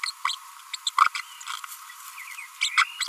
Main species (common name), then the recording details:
Green-rumped Parrotlet. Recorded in a nest box in Venezuela. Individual 18B25A3